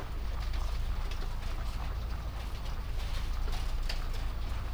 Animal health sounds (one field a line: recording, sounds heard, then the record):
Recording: poultry house recording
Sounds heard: sick chickens (respiratory disease)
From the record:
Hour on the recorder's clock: 23